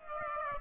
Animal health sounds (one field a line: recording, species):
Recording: mosquito wingbeat signal from an infrared sensor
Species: Aedes aegypti